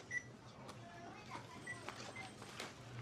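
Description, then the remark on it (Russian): Short, high scanner beeps repeat at a checkout register amid clattering items and a steady low hum, with a murmur of shoppers' voices in the background. “… в супермаркете на кассе.”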